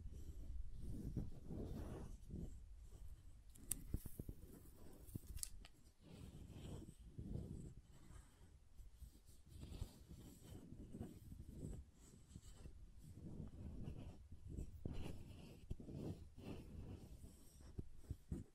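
Crisp tapping and carving on a bar of soap, with short scraping strokes and soft knocks coming every second or so. The sounds are dry and mostly low and muffled, with a few sharper clicks near four and five seconds.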